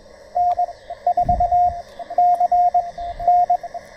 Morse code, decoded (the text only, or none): N4CN